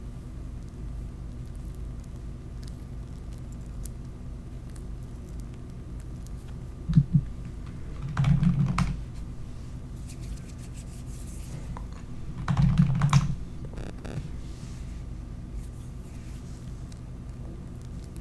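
Jewelry tapping comes in a few short bursts of clicks and taps, near 7, 8.5, 12.5 and 14 seconds, with the 8.5 and 12.5 second bursts the loudest. Between them a low, steady hum fills the background, with a faint thin tone above it.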